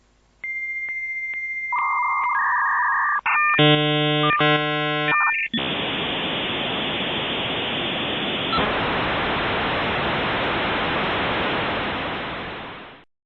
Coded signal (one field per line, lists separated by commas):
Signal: dial-up modem handshake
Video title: Modem Sound Effect